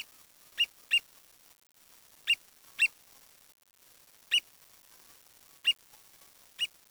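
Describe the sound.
Bird giving short, sharp notes, first in pairs and then singly, against a quiet background.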